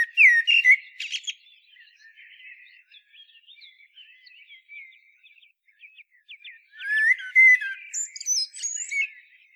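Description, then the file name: Common blackbird singing: a loud fluty phrase with a scratchy ending, a long stretch of quiet background chirps, then another rich whistled phrase with high squeaky notes. "Turdus merula"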